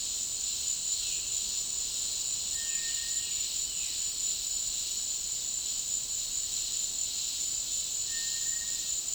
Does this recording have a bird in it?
yes